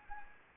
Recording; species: mosquito wingbeat signal from an infrared sensor; Anopheles gambiae